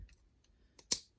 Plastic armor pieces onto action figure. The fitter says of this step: we'll go ahead and snap these on